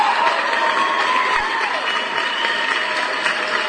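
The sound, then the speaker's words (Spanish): Steady crowd applause, a dense wash of many hands clapping at an even loudness for several seconds, with a faint murmur of cheering mixed in, celebrating a caller who won both prizes, the tickets and the piggy bank. “Juego doble, aplausos.”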